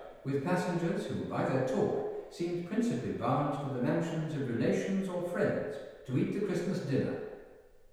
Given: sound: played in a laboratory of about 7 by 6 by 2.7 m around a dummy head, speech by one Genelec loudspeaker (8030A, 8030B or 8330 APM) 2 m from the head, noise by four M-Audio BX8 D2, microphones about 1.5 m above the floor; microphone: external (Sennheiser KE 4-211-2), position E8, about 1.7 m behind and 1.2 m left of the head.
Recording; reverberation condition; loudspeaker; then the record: male speech in English; high; 90 degrees to the right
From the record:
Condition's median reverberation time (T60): about 1300 ms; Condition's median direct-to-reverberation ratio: about -4.0 dB